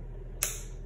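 The top of a clogged float valve in a concealed toilet cistern is gently turned counter-clockwise, a little at a time, until a single sharp click at 0.4 s. The bright click rings briefly at high pitch before fading into a low, steady background hum. The click means the valve top has twisted free and released, so the valve is ready to be taken apart.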